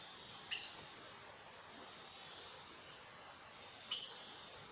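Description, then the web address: Aracari producing two sharp high-pitched squeaky notes about three seconds apart, each short with a slight fading tail, over low steady hiss. "sound Aracari. صدای-پرنده-پرزبان"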